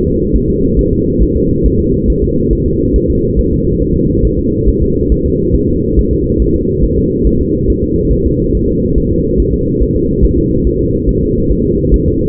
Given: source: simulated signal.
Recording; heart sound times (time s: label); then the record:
fetal heart sounds
0.07 s: S2
0.36 s: S1
0.50 s: S2
0.79 s: S1
0.93 s: S2
1.23 s: S1
1.37 s: S2
1.66 s: S1
1.80 s: S2
2.10 s: S1
2.24 s: S2
2.53 s: S1
2.67 s: S2
2.96 s: S1
3.10 s: S2
3.39 s: S1
3.53 s: S2
3.82 s: S1
3.96 s: S2
4.25 s: S1
4.39 s: S2
4.68 s: S1
4.82 s: S2
5.12 s: S1
5.26 s: S2
5.56 s: S1
5.70 s: S2
5.99 s: S1
6.13 s: S2
6.42 s: S1
6.56 s: S2
6.85 s: S1
6.99 s: S2
7.27 s: S1
7.41 s: S2
7.70 s: S1
7.84 s: S2
8.12 s: S1
8.27 s: S2
8.55 s: S1
8.69 s: S2
8.98 s: S1
9.12 s: S2
9.40 s: S1
9.54 s: S2
9.82 s: S1
9.96 s: S2
10.25 s: S1
10.39 s: S2
10.67 s: S1
10.81 s: S2
11.09 s: S1
11.23 s: S2
11.51 s: S1
11.65 s: S2
11.94 s: S1
12.08 s: S2
From the record:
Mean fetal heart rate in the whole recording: 140 bpm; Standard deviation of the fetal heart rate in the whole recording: 2 bpm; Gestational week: 34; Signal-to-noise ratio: -10.2 dB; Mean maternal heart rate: 72 bpm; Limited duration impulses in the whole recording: present